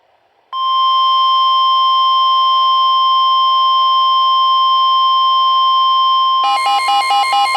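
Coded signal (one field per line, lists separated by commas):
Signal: Emergency Alert System (SAME) tones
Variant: 1050 Hz attention tone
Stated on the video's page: EAS alerts during a severe weather wave, with possible tornadoes and a possible watch.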